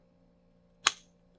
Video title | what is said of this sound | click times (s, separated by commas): NEW ARTISAN SEA SNAKE BY MIKE EMLER & MORE!!!! | nice snap i like that | 0.9 s